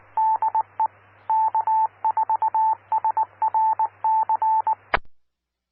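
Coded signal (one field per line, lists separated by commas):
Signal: Morse code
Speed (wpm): 19 wpm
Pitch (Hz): 880 Hz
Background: radio noise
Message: DE K4SRC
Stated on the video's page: Repeater on 146.44 MHz.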